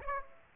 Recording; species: mosquito wingbeat signal from an infrared sensor; Aedes aegypti